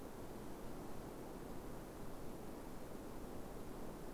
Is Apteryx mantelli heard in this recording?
no